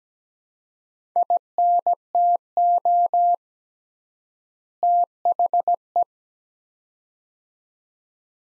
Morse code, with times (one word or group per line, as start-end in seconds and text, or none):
1.2-3.3 INTO
4.8-6.0 THE